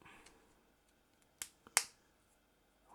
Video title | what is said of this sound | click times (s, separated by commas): Build the Battleship Bismarck - The funnel Searchlights | that snapped into place quite easily | 1.4 s, 1.8 s